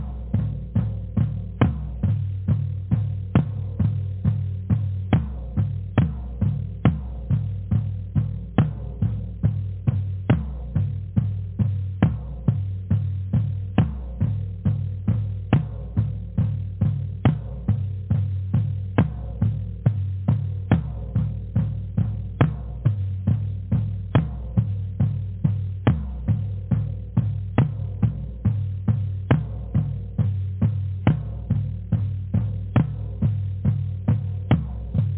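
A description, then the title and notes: Drumming in a steady, unbroken pattern, with sharp hits landing two or three times a second for the whole stretch. The sound is heavy and low, a deep throbbing thump under each strike, with little brightness on top and no change in loudness. DRUMMING SOUNDS,VIBRATION FREQUENCIES.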